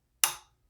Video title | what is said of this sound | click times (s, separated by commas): PSA AK-104 Review - Palmetto State Armory AK | and that's it locked into place and that's it that's how you change that out | 0.2 s